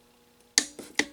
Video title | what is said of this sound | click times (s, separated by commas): Hydro Gear 356-0510 Transaxle Reassembly - Husqvarna YTH2242t Mower Repair - 5-15-2025 | And there's a click. So we are set. | 0.6 s